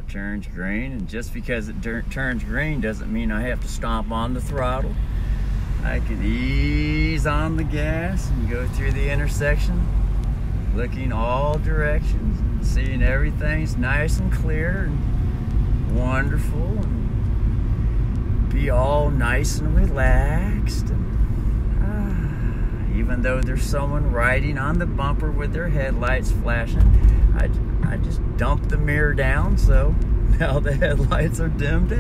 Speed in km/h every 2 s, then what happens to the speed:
1, 4, 9, 12, 18, 20, 22, 28, 29, 31, 31, 34, 36, 36, 35, 36.
0-24 pulls away to 36. 24-32 steady at about 36.